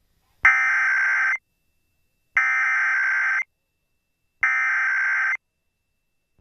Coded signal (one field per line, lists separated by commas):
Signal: Emergency Alert System (SAME) tones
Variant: header bursts